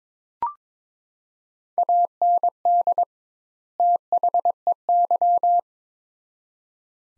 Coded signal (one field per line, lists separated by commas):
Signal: Morse code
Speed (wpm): 22 wpm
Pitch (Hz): 700 Hz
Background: none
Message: AND THEY